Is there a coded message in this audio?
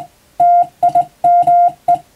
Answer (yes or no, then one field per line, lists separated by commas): yes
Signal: Morse code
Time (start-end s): 0.4-1.9 s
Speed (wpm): 21 wpm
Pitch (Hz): 700 Hz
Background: music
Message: TIME